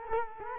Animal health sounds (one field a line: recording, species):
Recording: mosquito wingbeat signal from an infrared sensor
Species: Culex quinquefasciatus